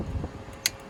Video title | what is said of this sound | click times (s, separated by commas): DeLorean Meets Tesla: The Ultimate EV Conversion - Flash Drive Motors Custom Build | hey, that's There we a go. positive click. | 0.7 s